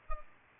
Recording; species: mosquito wingbeat signal from an infrared sensor; Culex pipiens